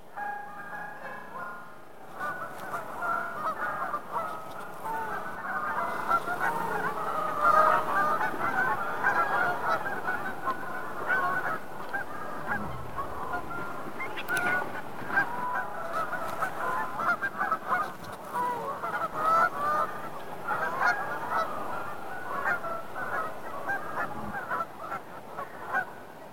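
Birds calling at the Héron lake in winter, mostly a dense, overlapping chorus of honking geese. After a quieter first two seconds, the honks run continuously and fairly evenly, mid-pitched and nasal, with a few brief sharper calls and knocks scattered through.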